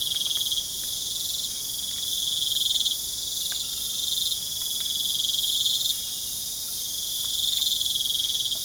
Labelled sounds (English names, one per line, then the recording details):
none
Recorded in pastures near Puerto Asís, Putumayo, Colombia, on 27 June 2025 at 21:30
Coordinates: 0.497, -76.327
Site G040